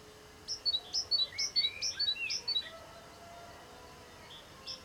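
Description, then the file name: Great tit song: a quick run of see-saw high double notes lasting about two seconds, then a pause and a fresh start, with soft lower chirps. "Parus major"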